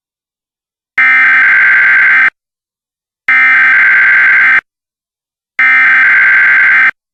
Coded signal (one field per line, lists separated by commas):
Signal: Emergency Alert System (SAME) tones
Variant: header bursts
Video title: EAS High Wind Warning for eastern IA.